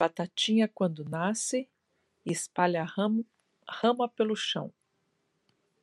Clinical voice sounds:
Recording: short text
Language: Brazilian Portuguese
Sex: female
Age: 60 to 69 years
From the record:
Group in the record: control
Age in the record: 61 years

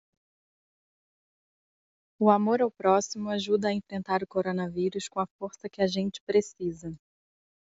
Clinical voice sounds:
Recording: spoken sentence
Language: Brazilian Portuguese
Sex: female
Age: 30 to 39 years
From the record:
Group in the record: control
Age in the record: 31 years

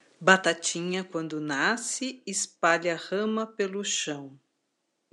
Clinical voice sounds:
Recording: short text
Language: Brazilian Portuguese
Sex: female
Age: 50 to 59 years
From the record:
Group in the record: control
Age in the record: 54 years

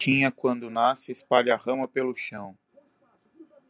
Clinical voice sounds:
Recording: short text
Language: Brazilian Portuguese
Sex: male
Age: 30 to 39 years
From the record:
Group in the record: control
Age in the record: 38 years

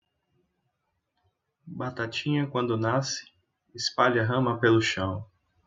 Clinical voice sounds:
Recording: short text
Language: Brazilian Portuguese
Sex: male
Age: 30 to 39 years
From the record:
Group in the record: control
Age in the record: 39 years

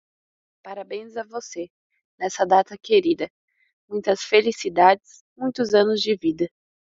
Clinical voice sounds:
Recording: short text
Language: Brazilian Portuguese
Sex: female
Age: 20 to 29 years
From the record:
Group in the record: control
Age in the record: 20 years

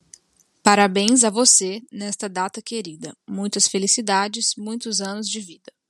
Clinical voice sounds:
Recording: short text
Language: Brazilian Portuguese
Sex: female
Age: 20 to 29 years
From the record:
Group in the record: control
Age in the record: 24 years

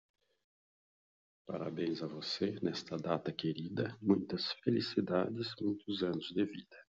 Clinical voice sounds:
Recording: short text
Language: Brazilian Portuguese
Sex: male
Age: 60 to 69 years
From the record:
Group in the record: control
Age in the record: 60 years

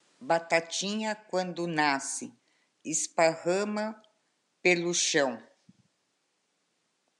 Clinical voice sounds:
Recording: short text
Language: Brazilian Portuguese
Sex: female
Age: 60 to 69 years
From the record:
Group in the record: control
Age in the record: 63 years

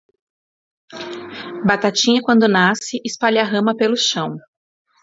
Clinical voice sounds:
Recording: short text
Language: Brazilian Portuguese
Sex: female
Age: 30 to 39 years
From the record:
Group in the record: control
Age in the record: 36 years

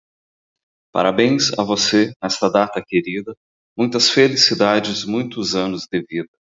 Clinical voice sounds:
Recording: short text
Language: Brazilian Portuguese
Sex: male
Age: 40 to 49 years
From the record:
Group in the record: control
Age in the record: 45 years

